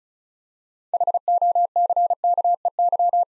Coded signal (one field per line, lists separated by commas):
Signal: Morse code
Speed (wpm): 40 wpm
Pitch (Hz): 700 Hz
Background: none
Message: HOCKEY